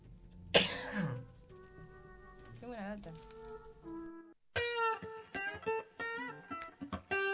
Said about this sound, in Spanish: Mande algo antes que me muera tosiendo.